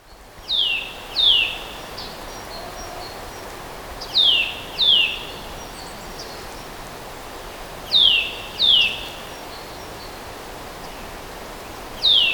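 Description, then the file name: Eurasian nuthatch giving paired downslurred whistled calls in groups, roughly every four seconds, against a constant hissing background. "Sitta europaea"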